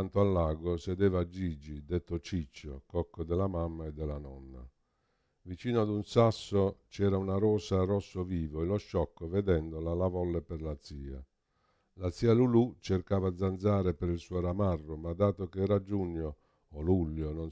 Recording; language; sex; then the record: read passage; Italian; male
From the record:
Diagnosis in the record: Parkinson's disease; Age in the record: 65 years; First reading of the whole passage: 52 s, 9.9 characters per second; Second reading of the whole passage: 50 s, 10.3 characters per second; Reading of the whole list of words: 40 s, 7.0 characters per second